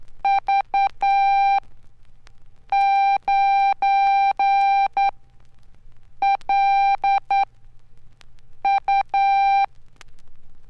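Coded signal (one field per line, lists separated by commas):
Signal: Morse code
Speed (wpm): 10 wpm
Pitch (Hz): 790 Hz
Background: none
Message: V 9 L U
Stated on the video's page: Morse code training lessons from a 1969 Archer/Tandy Radio Shack instructional record.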